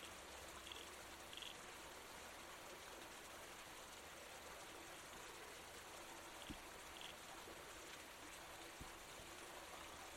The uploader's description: the babbling creek